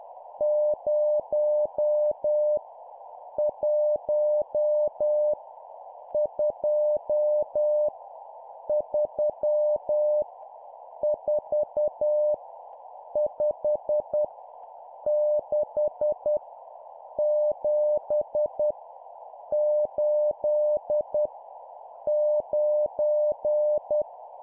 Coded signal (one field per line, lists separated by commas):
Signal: Morse code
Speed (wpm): 10 wpm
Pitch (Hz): 600 Hz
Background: none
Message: 0 1 2 3 4 5 6 7 8 9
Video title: 10wpm Numbers, cw morse code